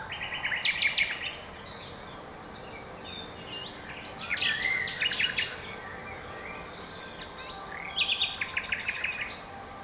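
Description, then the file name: Common nightingale song: three phrases of rapid repeated clicking and trilled notes mixed with whistles, separated by gaps of roughly three seconds. "Luscinia megarhynchos"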